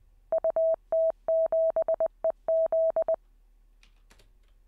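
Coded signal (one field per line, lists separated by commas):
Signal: Morse code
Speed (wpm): 19 wpm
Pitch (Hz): 590 Hz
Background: none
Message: UT7EZ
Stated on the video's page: Live-streamed daily Morse code (CW) learning practice session.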